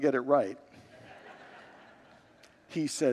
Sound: congregants laugh